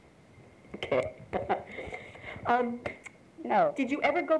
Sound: chuckles

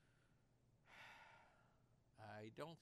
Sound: sighs

